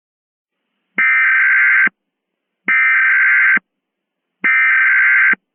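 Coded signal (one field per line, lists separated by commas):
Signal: Emergency Alert System (SAME) tones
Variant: header bursts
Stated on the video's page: Mock EAS scenario, fictional alert containing valid SAME tones.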